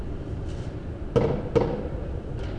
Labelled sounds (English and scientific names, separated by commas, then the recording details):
none
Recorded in Germany
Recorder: ecoPi